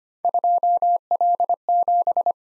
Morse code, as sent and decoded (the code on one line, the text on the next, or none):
..--- .-.. --...
2L7